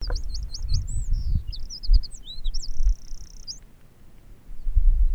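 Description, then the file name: Eurasian wren: high rapid warbled notes and slurred whistles ending in a fast, even trill, over low rumbling background noise. "Troglodytes troglodytes"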